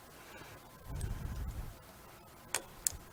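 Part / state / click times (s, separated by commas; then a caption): battery cable connector/terminal cover into generator battery mount / seated / 2.5 s, 2.9 s. On a Firman 10,000-watt generator, after a zip tie is removed and the starter battery is connected, a plastic battery connector terminal cover is pushed into the generator's battery mount. A low handling rumble from about 0.9 to 1.7 s gives way to two sharp clicks at 2.6 s and 2.9 s. The cover snaps into place and is seated.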